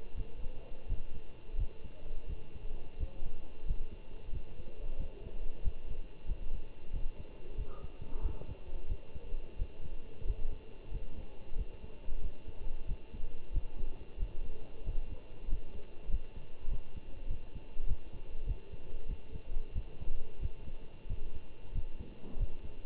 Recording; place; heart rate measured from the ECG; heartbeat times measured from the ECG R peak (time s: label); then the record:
heart sounds by stethoscope; between the tricuspid and mitral areas; 92 bpm
0.15 s: heartbeat
0.87 s: heartbeat
1.56 s: heartbeat
2.27 s: heartbeat
2.98 s: heartbeat
3.65 s: heartbeat
4.31 s: heartbeat
4.97 s: heartbeat
5.61 s: heartbeat
6.25 s: heartbeat
6.91 s: heartbeat
7.55 s: heartbeat
8.20 s: heartbeat
8.87 s: heartbeat
9.56 s: heartbeat
10.24 s: heartbeat
10.90 s: heartbeat
11.55 s: heartbeat
12.19 s: heartbeat
12.86 s: heartbeat
13.51 s: heartbeat
14.17 s: heartbeat
14.84 s: heartbeat
15.47 s: heartbeat
16.08 s: heartbeat
16.68 s: heartbeat
17.27 s: heartbeat
17.86 s: heartbeat
18.45 s: heartbeat
19.06 s: heartbeat
19.73 s: heartbeat
20.39 s: heartbeat
21.07 s: heartbeat
21.72 s: heartbeat
22.37 s: heartbeat
From the record:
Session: Bruce protocol treadmill stress test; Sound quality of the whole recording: good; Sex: male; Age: 25 years